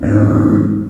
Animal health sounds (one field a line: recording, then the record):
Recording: squeal of a Yucatan mini pig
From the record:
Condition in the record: after surgery on the right vocal fold (resection and tissue-engineered implant)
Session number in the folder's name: 7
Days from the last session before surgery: 47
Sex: female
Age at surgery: 19 weeks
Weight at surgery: 25 kg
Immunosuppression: prednisolone